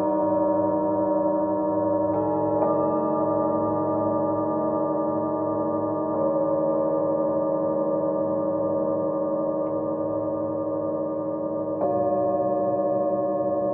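A singing bowl drones steadily with layered ringing tones, its pitches shifting slightly around two, six and twelve seconds, without fading.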